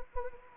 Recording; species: mosquito wingbeat signal from an infrared sensor; Anopheles gambiae